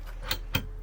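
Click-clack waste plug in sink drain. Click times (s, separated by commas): 0.3 s, 0.6 s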